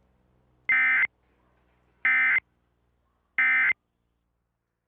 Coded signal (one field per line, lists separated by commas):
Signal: Emergency Alert System (SAME) tones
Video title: EAS Gift: The Return Of Miss Valerie